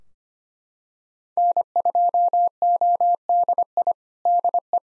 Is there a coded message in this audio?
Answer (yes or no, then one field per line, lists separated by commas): yes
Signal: Morse code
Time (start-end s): 1.4-4.8 s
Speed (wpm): 25 wpm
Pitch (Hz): 700 Hz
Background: none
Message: N2ODI DE